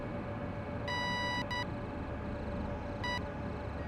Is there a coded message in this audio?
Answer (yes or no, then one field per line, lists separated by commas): no